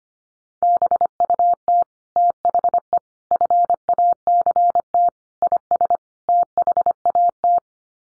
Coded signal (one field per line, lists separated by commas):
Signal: Morse code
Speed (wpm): 25 wpm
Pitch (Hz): 700 Hz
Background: none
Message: BUT THE FACT IS THAT